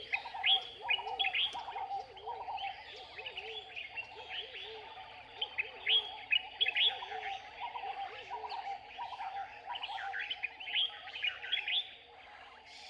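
A dawn bird chorus on the island of Guior in Senegal's Sine Saloum, with doves dominating. Low, repeated cooing phrases roll steadily beneath a dense layer of bright chirps and whistles that overlap throughout, thinning slightly toward the end.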